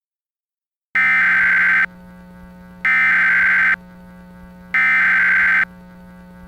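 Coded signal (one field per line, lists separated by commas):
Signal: Emergency Alert System (SAME) tones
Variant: header bursts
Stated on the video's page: Fictional, simulated EAS scenario.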